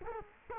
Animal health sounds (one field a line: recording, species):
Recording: mosquito wingbeat signal from an infrared sensor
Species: Culex quinquefasciatus